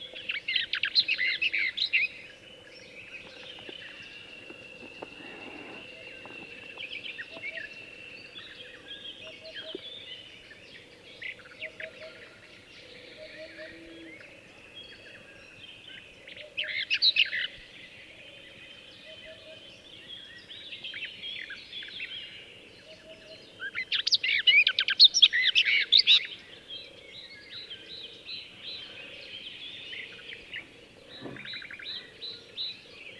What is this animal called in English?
Barred Warbler